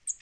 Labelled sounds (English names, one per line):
Northern Parula flight call